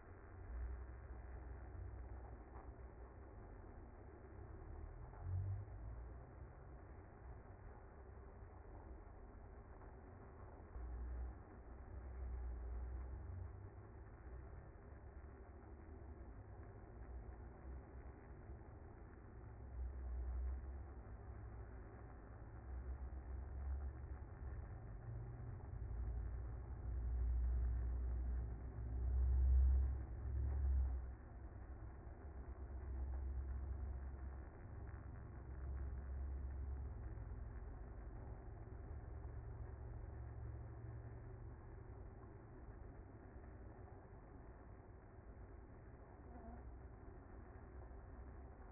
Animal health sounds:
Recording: honeybee colony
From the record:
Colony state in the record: active

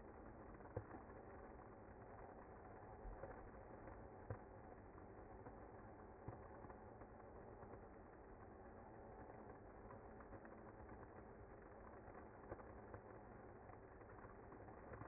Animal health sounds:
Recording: honeybee colony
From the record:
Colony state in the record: active

